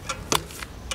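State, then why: Seated. A rider practising with a friend clips her cycling shoe cleat into a clipless bicycle pedal. A sharp click at 0.4 s, the loudest sound in the clip, is the cleat seating, with softer ticks around 0.1, 0.6 and 0.9 s. The shoe is confirmed clipped in.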